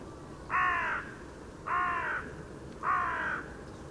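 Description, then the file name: Carrion crow calling three loud, raspy caws at an even pace, about one every 1.2 seconds, with little else audible. "Corvus corone"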